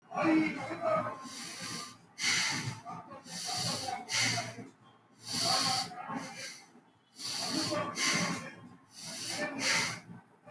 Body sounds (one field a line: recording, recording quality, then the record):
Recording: deep breathing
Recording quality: excellent, no background noise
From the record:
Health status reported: healthy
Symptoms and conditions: none ticked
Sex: male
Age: 32 years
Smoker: not ticked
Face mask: not worn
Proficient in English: yes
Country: India